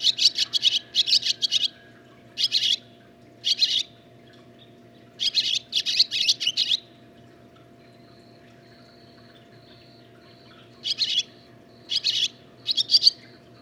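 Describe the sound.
Barn swallow twittering in short bursts of rapid, scratchy chirps separated by pauses, with a steady low hum underneath.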